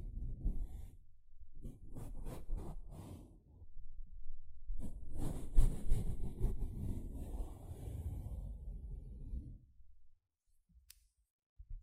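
Sponge sounds: soft squishing and scratching strokes, with a run of quick, separate scrapes in the first three seconds. A longer, denser rub runs from about five to nine seconds, then fades. The last two seconds are nearly silent, broken by a single sharp tick.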